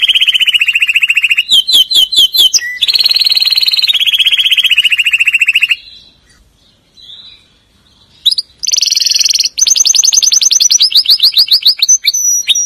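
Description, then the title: Canary song: loud, rapid rolled trills in changing tours, some fast chopped notes, a brief pause, then bright high trills and slurred sweeps resume. "Kenari"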